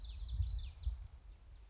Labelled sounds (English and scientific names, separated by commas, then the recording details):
Common Yellowthroat (Geothlypis trichas)
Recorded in Sonoma County, California